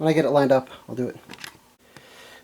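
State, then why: Seated. Someone talks while lining up a small U.FL RF coax pigtail connector over its socket on the antenna board of a DJI Phantom 2 Vision camera module, then pushes it down. A short, sharp snap at 2.0 s marks the connector seating firmly on the socket.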